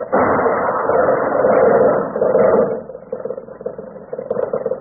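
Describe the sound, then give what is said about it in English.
A car driven by Rochester in a Jack Benny radio program rumbles along with a steady, loud engine noise, then the sound drops and turns choppy, breaking into uneven jolting bursts as it goes over a bump. “Watch out for that bump up ahead.”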